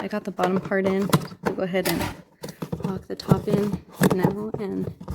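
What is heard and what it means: Someone talks while a plastic side piece behind the rear wheel of a Peg Perego Polaris RZR 900 ride-on toy vehicle is handled, its bottom edge already in and the top about to be pressed home. The rear wheels do not rotate, which makes the fit awkward. Nothing has seated or clicked yet.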